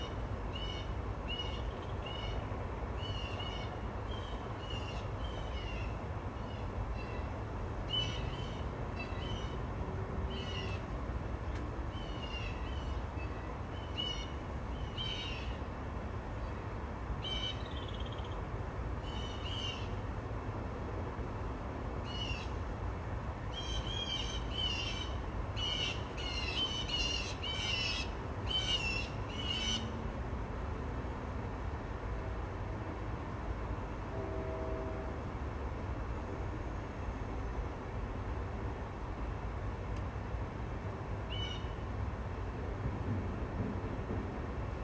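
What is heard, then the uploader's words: Birds chirp in short, repeated bright bursts through most of the stretch, clustering densely around the middle before thinning out near the end. A steady low rumble, like traffic, runs underneath the whole time, with a faint lower call around thirty-five seconds. Bird Songs.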